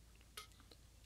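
A 36 V battery pack is fitted into a Black and Decker BCSTA536L1-QW cordless string trimmer. A single short plastic click at 0.4 s, the loudest sound in the clip, stands out against a quiet background with a few faint taps. The battery seats in place, and it clips in and out easily.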